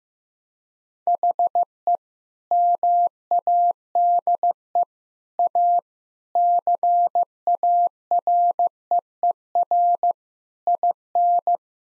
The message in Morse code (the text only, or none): HE MADE A CAREER IN